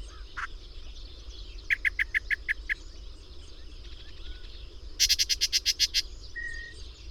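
Birds singing: a quick string of repeated notes, later a louder run of several broad notes and a flat whistle, with constant background hiss.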